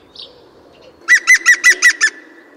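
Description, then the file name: European green woodpecker call, a quick run of six loud ringing notes after a faint high chirp. "Dzięcioł zielony"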